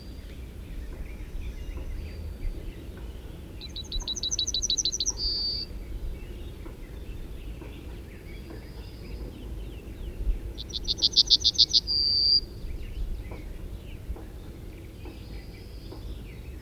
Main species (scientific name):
Emberiza citrinella